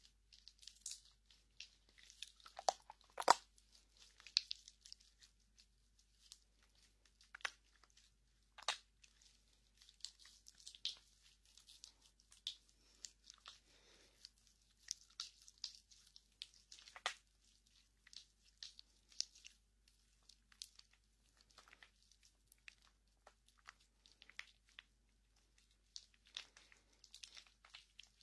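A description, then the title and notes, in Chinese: Hands rub together in irregular dry, scratchy bursts throughout, with a few sharper snaps near the start and a faint low hum underneath. 揉搓双手。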